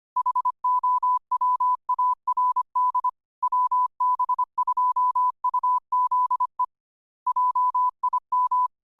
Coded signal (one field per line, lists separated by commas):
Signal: Morse code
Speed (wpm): 25 wpm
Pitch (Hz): 1000 Hz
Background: none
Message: HOWARD WB2UZE JIM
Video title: Benicia Radio Club presents the Long Island CW Club with Howard - WB2UZE & Jim - W6JIM